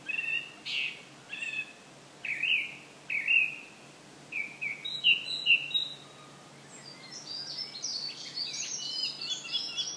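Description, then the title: Bird calls: clear chirped notes spaced about a second apart, then a denser twittering of high, overlapping calls toward the end, over a soft hiss. Recorded on Ross Island, County Kerry, Ireland. "爱尔兰凯里罗斯岛罗斯岛鸟儿的声音"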